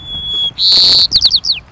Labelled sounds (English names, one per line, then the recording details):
White-crowned Sparrow
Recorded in Sonoma County, California